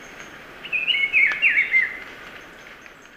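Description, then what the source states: Black-billed peppershrike giving a single quick warbled phrase of rising and falling slurred whistles, then quiet with faint background hiss. Ecuador.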